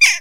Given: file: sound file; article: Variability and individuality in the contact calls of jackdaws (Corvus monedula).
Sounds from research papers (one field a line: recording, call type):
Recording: jackdaw call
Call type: harmonic